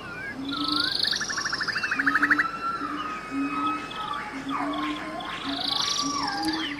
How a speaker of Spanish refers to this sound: Y bueno, es interesante escuchar el bosque, ¿no? El rumor del agua, algunas aves, algunos pájaros cantando.